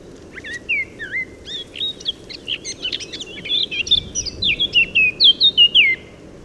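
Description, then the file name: Eurasian blackcap song: rapid warbled twitters leading into a loud, clear string of fluty descending whistles; persistent background noise underneath. "Sylvia atricapilla"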